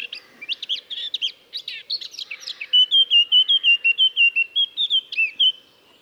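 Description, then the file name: Eurasian blackcap song, a soft, rambling warble building into loud, rich fluted whistles delivered in a steady, rhythmic run. "Sylvia atricapilla"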